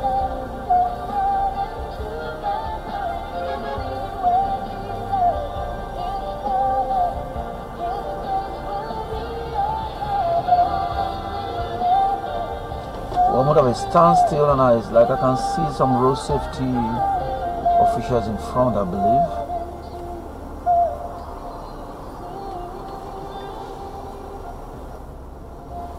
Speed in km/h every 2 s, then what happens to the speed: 0, 0, 0, 0, 0, 0, 0, 0, 0, 0, 0, 0, 0.
0-26 standing.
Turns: none.